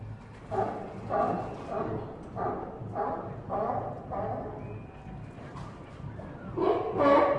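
Sea lion barks: a run of harsh, honking calls about twice a second, then a short pause and a louder, rougher burst at the end.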